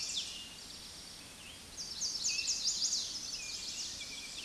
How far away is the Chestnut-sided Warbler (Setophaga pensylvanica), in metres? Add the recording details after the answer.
about 25 m. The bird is about 5 m above the microphone. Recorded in a Pennsylvania forest on 16 May 2024 at 06:41. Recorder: AudioMoth, point MSD-1360. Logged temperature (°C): 14.8 °C. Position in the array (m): 177 m, 181 m